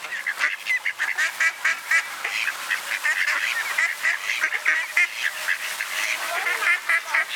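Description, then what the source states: Ducks giving dense, overlapping nasal calls, a steady chattering chorus with no clear breaks. Ducks at a pond (mlaka) in Borov gozdiček, a small pine grove.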